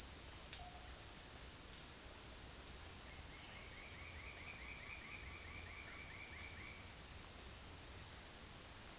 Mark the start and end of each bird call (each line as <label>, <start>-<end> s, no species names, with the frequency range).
bird call (1.0-3.2 kHz), 3.15-7.04 s